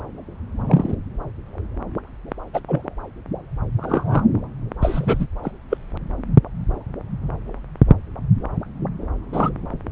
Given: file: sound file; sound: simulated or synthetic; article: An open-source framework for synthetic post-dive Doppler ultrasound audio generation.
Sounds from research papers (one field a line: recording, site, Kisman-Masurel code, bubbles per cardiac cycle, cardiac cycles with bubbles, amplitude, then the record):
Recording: Doppler ultrasound audio after a dive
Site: subclavian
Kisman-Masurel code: 122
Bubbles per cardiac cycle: 1–2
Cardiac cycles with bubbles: 10–50%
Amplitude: moderate amplitude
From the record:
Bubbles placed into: full cardiac cycles